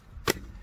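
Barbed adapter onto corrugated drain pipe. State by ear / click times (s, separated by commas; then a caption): seated / 0.3 s. A plastic drain adapter with small internal barbs is pushed onto corrugated drain pipe and gives one sharp, bright snap at 0.3 s over quiet background. The adapter is seated and holds very securely on the pipe.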